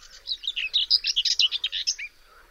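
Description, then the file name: European stonechat song: a brief, dense burst of scratchy, twittering high notes packed together for about two seconds, with no other clear sounds. "POKLĄSKWA"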